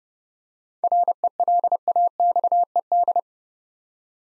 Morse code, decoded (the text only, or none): RELAXED